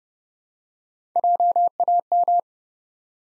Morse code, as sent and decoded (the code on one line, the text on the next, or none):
.--- .- --
JAM